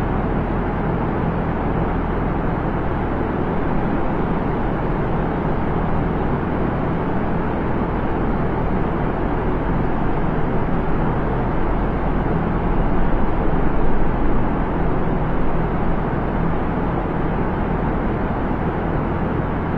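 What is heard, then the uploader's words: A steady, dense rumble fills a parking garage, heavy in the low end with a constant deep hum and little brightness above. The level holds nearly flat throughout, swelling slightly around the middle as a vehicle seems to pass before settling back. Parking Garage.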